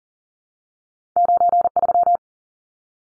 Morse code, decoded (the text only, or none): 93